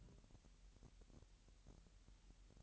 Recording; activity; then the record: daily activity, microphone in the room; take from stove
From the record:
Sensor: 3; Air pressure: 1001.9 hPa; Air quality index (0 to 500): 245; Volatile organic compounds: 47 ppm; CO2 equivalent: 3257 ppm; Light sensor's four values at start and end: 6/15/6/6 and 6/15/6/6